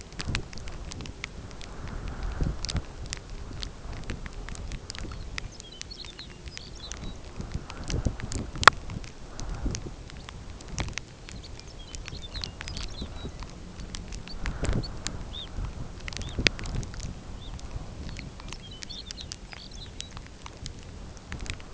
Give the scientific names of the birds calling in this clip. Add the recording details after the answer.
Calcarius lapponicus, Phalaropus fulicarius. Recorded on Arctic tundra, site UTQI-5, on 13 June 2019. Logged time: 18:00